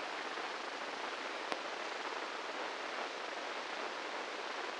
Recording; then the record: brain microelectrode recording played as sound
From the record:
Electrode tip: inside the subthalamic nucleus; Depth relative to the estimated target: -3 mm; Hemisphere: right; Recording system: NeuroSet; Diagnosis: Parkinson's disease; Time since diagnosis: 8 years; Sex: male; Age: 58 years